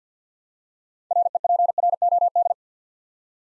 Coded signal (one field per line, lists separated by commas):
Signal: Morse code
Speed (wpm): 50 wpm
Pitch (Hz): 700 Hz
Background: none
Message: REPROD